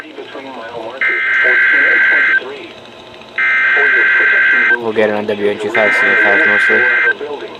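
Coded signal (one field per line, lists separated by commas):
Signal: Emergency Alert System (SAME) tones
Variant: header bursts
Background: speech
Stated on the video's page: Alerts from a severe weather event, received on NOAA Weather Radio.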